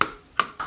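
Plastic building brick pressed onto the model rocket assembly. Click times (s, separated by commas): 0.0 s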